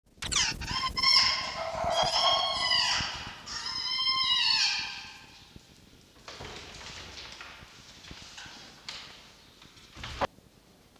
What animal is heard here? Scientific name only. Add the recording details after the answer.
Vulpes vulpes. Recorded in captivity. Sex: pair. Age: adult. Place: Zoologisches Institut der HUB, Berlin, DE. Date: 1953-03-22 12:50. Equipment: Elmetra. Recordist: Tembrock, Günter